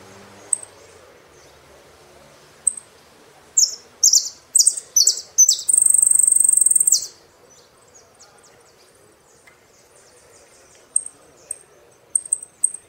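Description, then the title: Saffron finch song: scattered high chips, a burst of downslurred notes and a rapid buzzy trill, then more isolated chips. "Jilguero Argentino"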